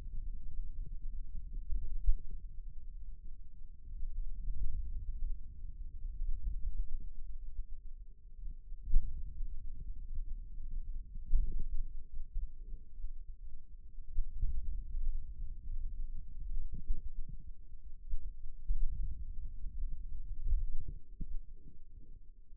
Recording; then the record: forearm muscle sounds (acoustic myography)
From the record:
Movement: hand opening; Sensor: system 2, bracelet of six BSWA MPA416 microphones around the upper forearm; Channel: 4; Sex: male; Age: 22 years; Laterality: right